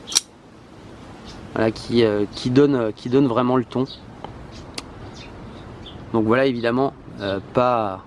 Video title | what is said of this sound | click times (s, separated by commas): Couteau ZT0095BW " zero faute " | est hyper dynamique qui y perd explosif et puis ce fameux clic écouter qui | 0.2 s